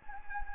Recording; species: mosquito wingbeat signal from an infrared sensor; Anopheles gambiae